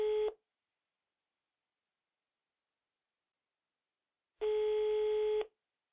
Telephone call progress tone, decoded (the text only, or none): ringback tone